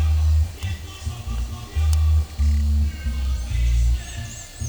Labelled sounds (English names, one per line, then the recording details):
none
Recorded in pastures near Puerto Asís, Putumayo, Colombia, on 22 December 2024 at 14:30
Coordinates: 0.497, -76.327
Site G088